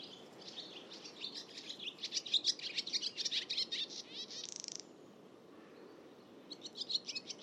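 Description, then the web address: Bird song as a busy stream of high, rapid chirps and trills, ending in a fast buzzy rattle, then a pause and a fresh burst of twittering. "Bird Only"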